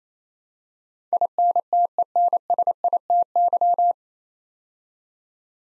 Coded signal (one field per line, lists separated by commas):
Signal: Morse code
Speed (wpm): 27 wpm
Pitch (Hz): 700 Hz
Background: none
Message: INTENSITY